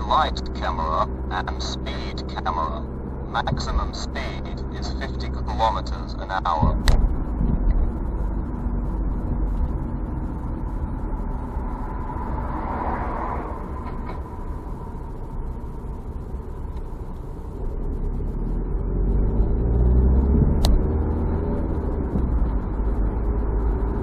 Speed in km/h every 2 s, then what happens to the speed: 46, 48, 46, 38, 33, 27, 20, 14, 13, 28, 34, 36.
4-15 slows to 13. 15-24 speeds up to 36.